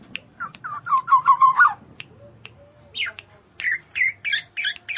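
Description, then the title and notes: Bird song with a quick trilled phrase, a pause broken by single clicks, then a string of sharp, slurred chirps. "Bird Sound. Kicau Burung Lengkap"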